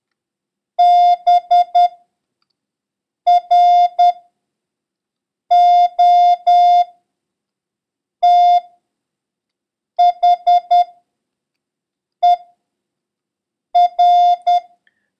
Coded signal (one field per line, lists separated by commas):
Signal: Morse code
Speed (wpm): 10 wpm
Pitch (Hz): 710 Hz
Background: none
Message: BROTHER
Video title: International Morse Code: Lesson 6